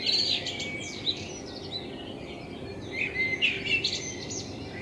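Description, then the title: Common blackbird song, two brief phrases of whistles and high twitters over constant background noise. Blackbird in front of the recordist's window; binaural recording with a self-built dummy head, intended for headphone listening. "Kunstkopfaufnahme der Amsel vor meinem Fenster"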